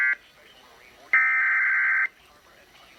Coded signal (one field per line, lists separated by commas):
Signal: Emergency Alert System (SAME) tones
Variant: header bursts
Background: speech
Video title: EAS 117 SPECIAL MARINE WARNING